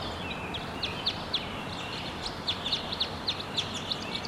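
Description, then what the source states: White-winged crossbill song of sharp high chips spaced unevenly, against a constant hiss of background noise. Red male perched at the top of a tall tree, singing; kept singing after playback of its song drew no response.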